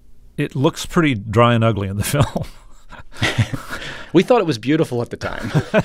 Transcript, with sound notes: It looks pretty dry and ugly in the film (laughter).
We thought it was beautiful at the time.